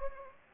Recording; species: mosquito wingbeat signal from an infrared sensor; Anopheles gambiae